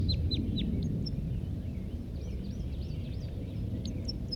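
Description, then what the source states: Red crossbill song: a few clipped high notes, then a soft warbled twitter and more scattered sharp notes against heavy low-pitched background noise. Wild male, not yet captured, in a group of three whose other two were already caged; almost 8 a.m., June 1, 1983, down Poverty Hollow.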